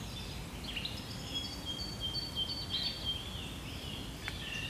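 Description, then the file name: Birds singing: thin, high whistled and chirping notes overlap and repeat throughout above a steady hiss of light wind. Birds in woods and forest in early spring with light wind, at Modřanská, Prague. "freesound woods forest birds early Spring light wind Prague Modranska"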